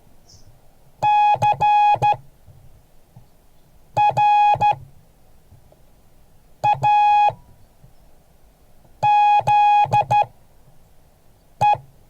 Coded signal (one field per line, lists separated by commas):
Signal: Morse code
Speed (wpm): 13 wpm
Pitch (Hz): 830 Hz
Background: none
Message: CRAZE